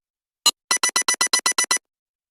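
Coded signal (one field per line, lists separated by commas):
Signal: none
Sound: ringtone music beeps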